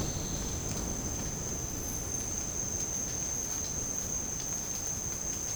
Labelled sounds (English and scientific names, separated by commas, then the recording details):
none
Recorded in dense forest near Puerto Asís, Putumayo, Colombia, on 30 June 2025 at 12:30
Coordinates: 0.486, -76.317
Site G065